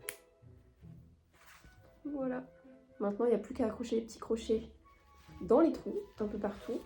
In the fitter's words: Et après, hop, il se clipse.